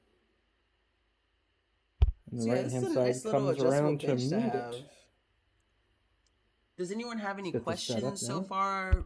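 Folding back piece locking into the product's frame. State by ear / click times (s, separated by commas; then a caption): seated / 2.0 s. The folding back piece of a product with a carrying handle swings down and locks into place on the right-hand side, giving a sharp click at 2.0 s. Someone talks before and after the click, and the piece is seated.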